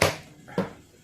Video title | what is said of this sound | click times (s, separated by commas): That Other Build (Beauty part 1) | so that's locked into place | 0.0 s